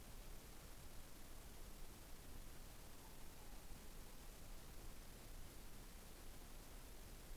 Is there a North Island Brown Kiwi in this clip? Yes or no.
no